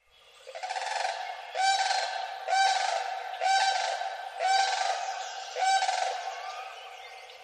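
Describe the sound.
Sandhill crane calls: loud, rolling, trumpeting rattles with a rough, vibrating quality, six of them given roughly once a second.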